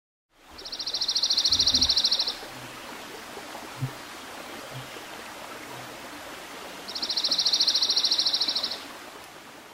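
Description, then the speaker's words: Dark-eyed junco song: two even, rapid trills on one pitch, each about two seconds long and several seconds apart, over a soft steady background hiss. Song of the dark-eyed junco, a type of sparrow. "That was the song of the dark-eyed junco, actually a type of sparrow, part of the same family."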